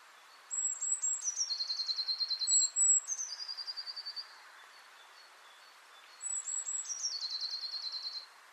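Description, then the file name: Eurasian blue tit singing three phrases. Each opens with high, piercing notes, then slides down into a fast buzzy trill, with a pause of about two seconds before the last phrase. "Cyanistes caeruleus"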